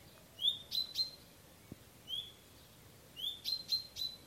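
Common chaffinch, short high chirping phrases in three bursts over steady hiss.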